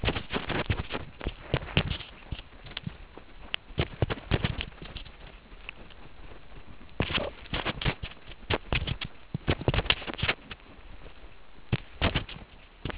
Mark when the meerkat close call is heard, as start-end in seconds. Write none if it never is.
7.19-7.29